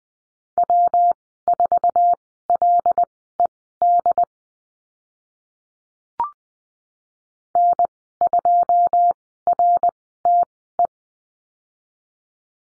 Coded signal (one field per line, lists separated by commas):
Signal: Morse code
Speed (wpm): 20 wpm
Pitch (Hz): 700 Hz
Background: none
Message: W4LED N2RTE